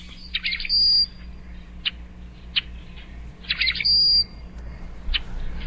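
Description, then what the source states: Rusty Blackbird calling with gurgling, squeaky note clusters, each ending in a thin high whistle, twice, with single sharp chips between and after the phrases. Bird of wooded swamps breeding in northern forests of Canada and Alaska, wintering in the eastern U.S.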